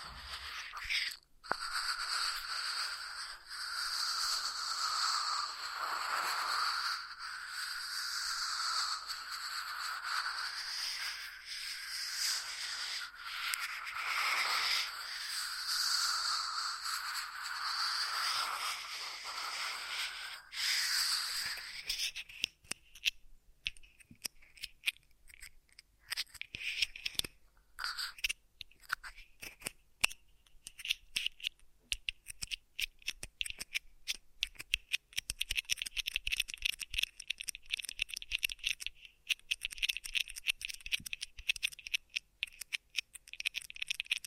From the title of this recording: Ear Massage Triggers